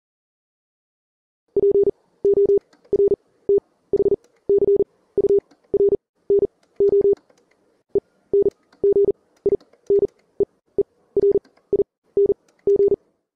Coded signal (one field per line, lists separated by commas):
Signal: Morse code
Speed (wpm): 38 wpm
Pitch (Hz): 400 Hz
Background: none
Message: PORTHCURNO ENGINEERING